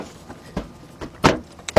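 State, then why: Not seated. A plastic front trim piece is pressed by hand, without forcing, onto the front end of a 2011 GMC Acadia 3.6 during a radiator fan assembly replacement. Soft plastic knocks and rubs lead to two sharp snaps near 1.3 and 1.8 seconds. The piece has not seated or clicked home yet.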